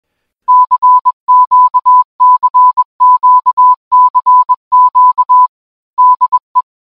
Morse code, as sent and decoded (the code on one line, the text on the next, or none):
-.-. --.- -.-. --.- -.-. --.- / -.. .
CQCQCQ DE